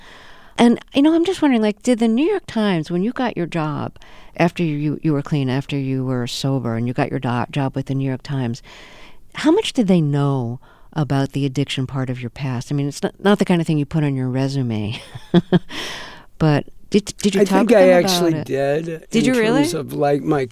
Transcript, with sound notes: And, you know, I'm just wondering, like, did The New York Times - when you got your job after you were clean, after you were sober and you got your job with the New York Times, how much did they know about the addiction part of your past? I mean, it's not the kind of thing you put on your resume. (Laughter) But did you talk to them about it?
I think I did...
Did you really?